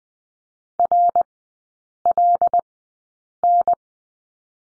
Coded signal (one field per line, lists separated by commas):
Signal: Morse code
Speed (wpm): 20 wpm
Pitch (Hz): 700 Hz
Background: none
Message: RLN